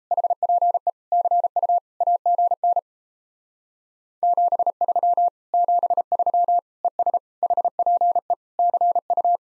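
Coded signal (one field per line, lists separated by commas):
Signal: Morse code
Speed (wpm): 38 wpm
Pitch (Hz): 700 Hz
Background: none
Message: HPE CU AGN 73 73 ES HPE CU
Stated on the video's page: Common QSO phrases speed drill starting fast and slowing to a 28 wpm base; fastest speed 1.5 times slowest, final repeat once at maximum speed.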